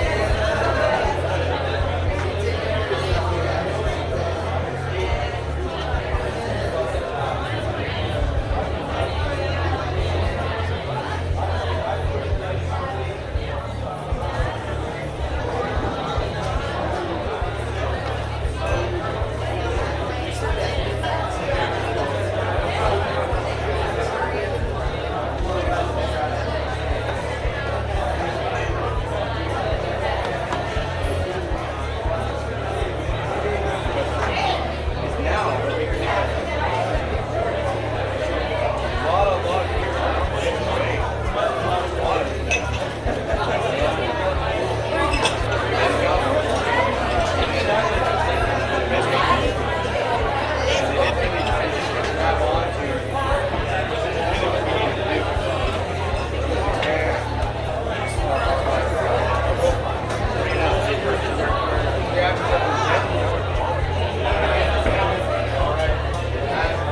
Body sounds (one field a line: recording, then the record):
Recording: background sound without coughing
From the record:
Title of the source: CITY SOUNDS Busy Bar in the Evening Night - 2 HOURS of Ambiance for Relaxation